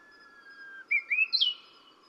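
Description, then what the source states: Brownish-flanked bush warbler song: a long, thin, steady whistle, then a quick burst of three rising, sliding notes climbing higher at the end. Recorded at Yushan.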